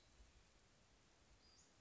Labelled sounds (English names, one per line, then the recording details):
Western Flycatcher
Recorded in Sonoma County, California